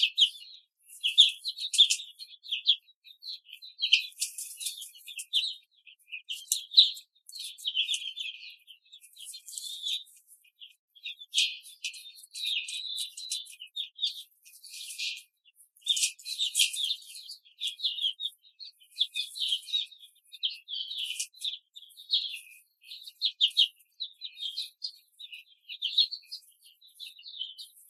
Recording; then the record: young laying hens in a cage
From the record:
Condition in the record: control cage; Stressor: none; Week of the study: 5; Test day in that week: 1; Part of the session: 1